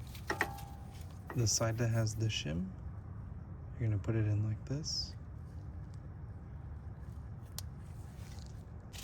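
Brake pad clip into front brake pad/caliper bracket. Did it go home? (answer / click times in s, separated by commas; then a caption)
yes / 7.6 s. On the front brake of a 2014–2019 Toyota Corolla, a metal brake pad clip or shim piece is slid into the pad or caliper bracket while someone talks. After a couple of faint light taps at the start and quiet handling, a sharp click at 7.6 s marks the clip seating into place, and it is installed.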